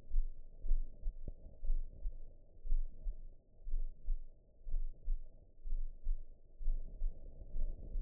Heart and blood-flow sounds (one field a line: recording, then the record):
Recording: heart sounds by optical stethoscope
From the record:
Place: mitral valve (MV)